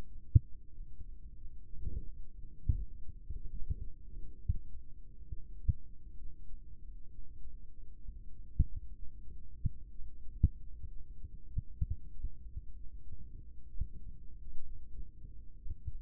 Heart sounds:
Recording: heart sounds by microphone in the left ear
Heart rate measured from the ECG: 65 bpm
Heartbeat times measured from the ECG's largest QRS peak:
0.70 s: heartbeat
1.63 s: heartbeat
2.56 s: heartbeat
3.49 s: heartbeat
4.38 s: heartbeat
5.26 s: heartbeat
6.15 s: heartbeat
7.08 s: heartbeat
8.00 s: heartbeat
8.92 s: heartbeat
9.89 s: heartbeat
10.86 s: heartbeat
11.80 s: heartbeat
12.73 s: heartbeat
13.68 s: heartbeat
14.61 s: heartbeat
15.56 s: heartbeat
From the record:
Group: heart failure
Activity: rest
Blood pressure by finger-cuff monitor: 111/74 mmHg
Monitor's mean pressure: 90 mmHg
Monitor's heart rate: 64 bpm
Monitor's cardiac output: 4 L/min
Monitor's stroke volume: 62 mL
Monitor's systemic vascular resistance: 1680 dyn s/cm5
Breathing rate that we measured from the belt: 32 breaths a minute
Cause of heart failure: idiopathic cardiomyopathy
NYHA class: 2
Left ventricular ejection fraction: 17%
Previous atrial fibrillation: present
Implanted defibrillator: present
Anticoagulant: edoxaban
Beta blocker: bisoprolol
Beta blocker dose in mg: 7.5 twice daily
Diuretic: furosemide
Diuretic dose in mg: 20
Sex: male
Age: 63 years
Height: 160 cm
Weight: 69 kg

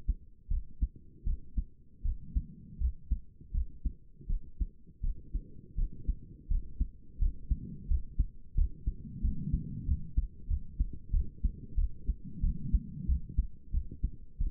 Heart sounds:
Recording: heart sounds by stethoscope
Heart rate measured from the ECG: 86 bpm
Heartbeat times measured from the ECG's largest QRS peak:
0.49 s: heartbeat
1.25 s: heartbeat
2.03 s: heartbeat
2.79 s: heartbeat
3.52 s: heartbeat
4.28 s: heartbeat
5.02 s: heartbeat
5.76 s: heartbeat
6.49 s: heartbeat
7.19 s: heartbeat
7.88 s: heartbeat
8.55 s: heartbeat
9.22 s: heartbeat
9.86 s: heartbeat
10.48 s: heartbeat
11.11 s: heartbeat
11.76 s: heartbeat
12.41 s: heartbeat
13.07 s: heartbeat
13.72 s: heartbeat
14.39 s: heartbeat
From the record:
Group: healthy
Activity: rest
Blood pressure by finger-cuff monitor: 97/66 mmHg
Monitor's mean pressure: 77 mmHg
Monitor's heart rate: 86 bpm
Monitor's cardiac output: 6.6 L/min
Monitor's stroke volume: 76 mL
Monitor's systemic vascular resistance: 850 dyn s/cm5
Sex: female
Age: 22 years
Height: 163 cm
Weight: 67.1 kg

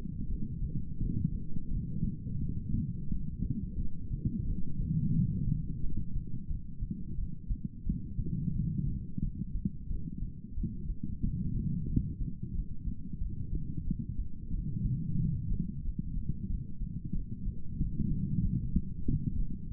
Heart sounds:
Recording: heart sounds by stethoscope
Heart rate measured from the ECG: 90 bpm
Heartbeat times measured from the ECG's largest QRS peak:
0.28 s: heartbeat
0.99 s: heartbeat
1.69 s: heartbeat
2.39 s: heartbeat
3.09 s: heartbeat
3.77 s: heartbeat
4.46 s: heartbeat
5.14 s: heartbeat
5.82 s: heartbeat
6.49 s: heartbeat
7.16 s: heartbeat
7.85 s: heartbeat
8.53 s: heartbeat
9.21 s: heartbeat
9.89 s: heartbeat
10.56 s: heartbeat
11.22 s: heartbeat
11.88 s: heartbeat
12.53 s: heartbeat
13.19 s: heartbeat
13.85 s: heartbeat
14.52 s: heartbeat
15.18 s: heartbeat
15.83 s: heartbeat
16.48 s: heartbeat
17.13 s: heartbeat
17.78 s: heartbeat
18.43 s: heartbeat
19.06 s: heartbeat
19.69 s: heartbeat
From the record:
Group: healthy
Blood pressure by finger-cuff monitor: 108/69 mmHg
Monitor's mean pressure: 85 mmHg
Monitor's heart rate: 89 bpm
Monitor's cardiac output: 5.6 L/min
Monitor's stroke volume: 63 mL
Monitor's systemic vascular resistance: 1100 dyn s/cm5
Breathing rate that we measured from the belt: 18 breaths a minute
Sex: female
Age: 51 years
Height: 162 cm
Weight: 70.04 kg

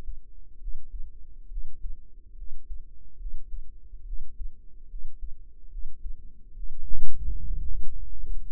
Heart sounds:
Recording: heart sounds by microphone in the right ear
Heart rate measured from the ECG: 71 bpm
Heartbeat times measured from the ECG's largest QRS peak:
0.58 s: heartbeat
1.48 s: heartbeat
2.35 s: heartbeat
3.17 s: heartbeat
4.04 s: heartbeat
4.87 s: heartbeat
5.69 s: heartbeat
6.54 s: heartbeat
7.41 s: heartbeat
8.22 s: heartbeat
From the record:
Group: healthy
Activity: rest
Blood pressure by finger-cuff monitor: 113/78 mmHg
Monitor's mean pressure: 90 mmHg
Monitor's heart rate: 74 bpm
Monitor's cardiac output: 5.5 L/min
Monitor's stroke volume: 77 mL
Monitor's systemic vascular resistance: 1190 dyn s/cm5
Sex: female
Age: 22 years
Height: 160 cm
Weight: 45 kg

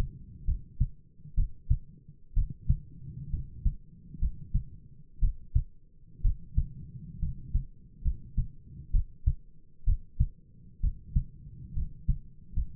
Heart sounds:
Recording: heart sounds by stethoscope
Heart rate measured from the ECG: 65 bpm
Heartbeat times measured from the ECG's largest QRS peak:
0.44 s: heartbeat
1.34 s: heartbeat
2.33 s: heartbeat
3.29 s: heartbeat
4.18 s: heartbeat
5.19 s: heartbeat
6.21 s: heartbeat
7.18 s: heartbeat
8.01 s: heartbeat
8.90 s: heartbeat
9.83 s: heartbeat
10.80 s: heartbeat
11.72 s: heartbeat
12.53 s: heartbeat
From the record:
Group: healthy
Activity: rest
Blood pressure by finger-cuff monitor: 102/69 mmHg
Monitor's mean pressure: 77 mmHg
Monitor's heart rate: 65 bpm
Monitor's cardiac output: 6.9 L/min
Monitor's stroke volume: 107 mL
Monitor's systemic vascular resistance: 810 dyn s/cm5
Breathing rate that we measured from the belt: 15 breaths a minute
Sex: male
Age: 22 years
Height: 185 cm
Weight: 112.4 kg

